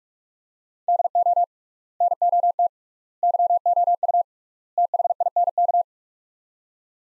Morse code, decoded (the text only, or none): DO NOT YOU THINK